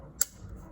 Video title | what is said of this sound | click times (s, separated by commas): How to Thread the Industrial Sewing Machine | so you're going to want to make sure that you hear that click | 0.2 s